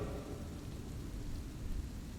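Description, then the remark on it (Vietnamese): A low, steady rumble of thunder rolls beneath a constant hiss of falling rain, with no voices and no sharp cracks, the level staying fairly even throughout. “Tiếng bà Xuân gào lên trong tiếng sấm.”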